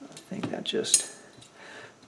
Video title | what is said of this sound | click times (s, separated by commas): GM A/C Box Rebuild Start to Finish | pushes on and snaps in place. That holds that down. Good. | 0.4 s